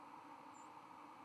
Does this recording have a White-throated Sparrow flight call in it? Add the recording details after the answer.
yes. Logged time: 02:01 on 31 October 2014